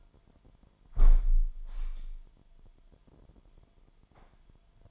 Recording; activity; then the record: daily activity, microphone in the room; close window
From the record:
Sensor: 5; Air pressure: 998.2 hPa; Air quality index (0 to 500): 92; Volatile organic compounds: 2 ppm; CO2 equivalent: 1046 ppm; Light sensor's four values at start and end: 21/51/21/23 and 21/52/21/23